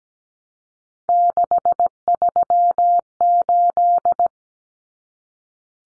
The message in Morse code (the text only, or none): 638